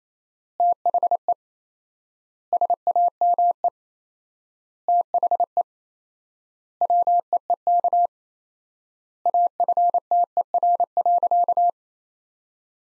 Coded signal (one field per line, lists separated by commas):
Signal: Morse code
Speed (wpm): 28 wpm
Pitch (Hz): 700 Hz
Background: none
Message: THE SAME THE WEEK AFTER.